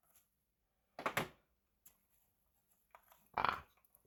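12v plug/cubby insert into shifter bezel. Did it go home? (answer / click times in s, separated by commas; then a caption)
no / none. A plastic 12v plug/cubby insert is flipped over and pushed into the painted plastic shifter bezel of a 2007 Toyota 4Runner Sport 4x4 4.7L V8 with a custom Limited bezel, giving bursts of scraping and pressing around 1.0–1.3 s and 3.4–3.6 s. Nothing has seated or clicked yet; the insert did not latch, which is why it would not stay in.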